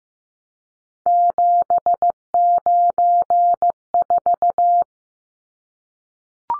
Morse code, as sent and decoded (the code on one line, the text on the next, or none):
--... ----. ....-
794